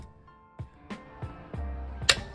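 A click-type torque wrench tightens a lug nut on the rear wheel of a 2018 Subaru WRX during a rear brake pad change, bringing it up from 30 to 60 lb-ft. A few soft ratcheting ticks come first, around 0.6 s and 0.9 s, then a sharp, loud click at 2.1 s, and another sharp transient at the very end of the clip. The click at 2.1 s confirms the nut has reached 60 lb-ft.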